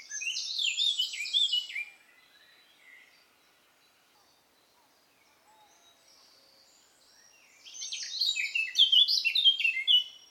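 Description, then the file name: Eurasian blackcap giving two loud song phrases of rapid scratchy and fluted notes, with a long quiet gap between them. "Sylvia atricapilla"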